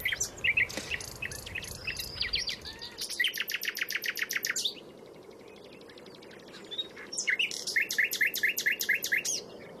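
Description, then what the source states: Nightingale song: loud bursts of rapid, stacked, clicking notes in repeated phrases, separated by a short pause, with steady background hiss. Nightingales singing in the dunes at Rob and Marlies's place.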